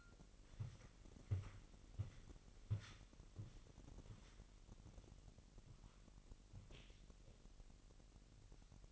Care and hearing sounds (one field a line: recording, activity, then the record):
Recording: daily activity, microphone in the room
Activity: walk to room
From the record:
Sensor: 4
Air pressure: 1002.9 hPa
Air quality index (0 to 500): 249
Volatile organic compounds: 11 ppm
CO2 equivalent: 2283 ppm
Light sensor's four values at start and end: 9/21/8/8 and 10/24/10/10